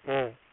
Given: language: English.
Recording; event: throat vibration sensor signal played as sound; speech